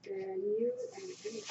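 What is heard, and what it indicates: A steady mid-pitched tonal hum gives way to a soft, rushing airflow hiss midway through. This is a home mechanical ventilator delivering a breath, heard as background noise.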